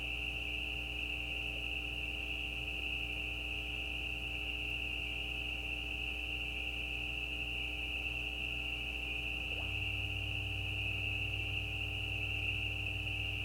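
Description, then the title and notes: Spring peeper: continuous shrill peeping chorus of spring peepers holds one high pitch throughout, with a steady low hum and a brief faint click near the end. Mating calls of peeper frogs, calls more individual with gaps; recorded at night at the side of a gravel road. "Peepers peeping. Peeper frogs mating calls - the calls are more individual with gaps in the recording. Recorded at the side of a gravel road at night. Recorded by Anton Pickard. Part of the Music for Sleep project"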